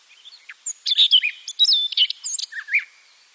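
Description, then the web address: Siberian rubythroat song, a quick jumble of sweet whistles and buzzy chirps, loudest in the middle, some notes sliding up and down. "Schulze Peter Siberian Rubythroat song"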